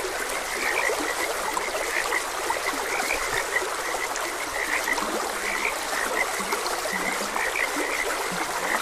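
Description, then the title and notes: Frog chorus of quick, overlapping croaks repeated throughout, set against steady flowing water. Frogs croaking beside a gentle stream; calming nature soundscape. "Gentle Stream and Frogs Croaking. Sleep and Relaxation Podcast"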